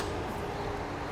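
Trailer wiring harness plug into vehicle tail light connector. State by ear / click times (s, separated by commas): not seated / none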